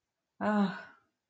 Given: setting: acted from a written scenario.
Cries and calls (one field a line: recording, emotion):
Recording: vocal sound without words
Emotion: relief